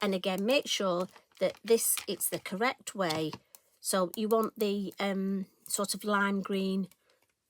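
Someone talks while handling the rotating plastic spin part of a stamp positioning tool, turning it so the lime green side faces upwards before it goes back into its base. The clip ends before the part goes home, so nothing has seated or clicked yet.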